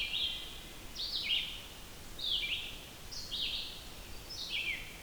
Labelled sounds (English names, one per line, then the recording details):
Red-eyed Vireo song
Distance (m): 40 m
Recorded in boreal forest in Alberta, Canada, on 14 June 2016 at 06:37
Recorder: SongMeter 3, array SBT-3-33
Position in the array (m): 154 m, 183 m